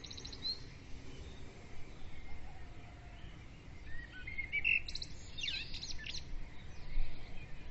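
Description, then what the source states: Birds heard faintly through a constant low rumble, with a few scattered high chirps and a brighter twittering burst near the middle. Dawn chorus of birds, recorded with a ZOOM recorder.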